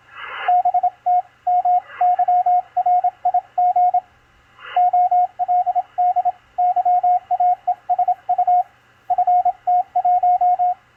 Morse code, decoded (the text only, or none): BT MY RIG OLD YAESU FT1